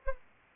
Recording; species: mosquito wingbeat signal from an infrared sensor; Anopheles arabiensis